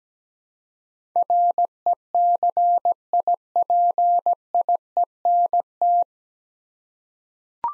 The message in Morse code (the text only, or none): RECIPIENT